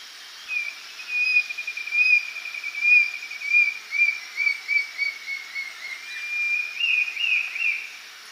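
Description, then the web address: Brown-billed scythebill song, a long series of clear whistled notes around the same pitch, wavering slightly and ending in a slightly higher burst, over a steady high hiss. Recorded in Ecuador. "Birds of Ecuador. Brown-billed Scythebill"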